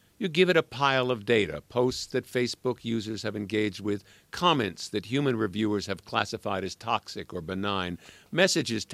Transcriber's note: none